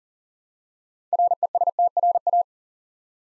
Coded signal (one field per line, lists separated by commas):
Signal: Morse code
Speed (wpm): 37 wpm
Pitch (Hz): 700 Hz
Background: none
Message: RESTRA